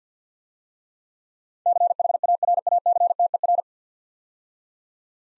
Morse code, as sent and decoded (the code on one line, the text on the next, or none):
-.-. .... .- .-. .- -.-. - . .-.
CHARACTER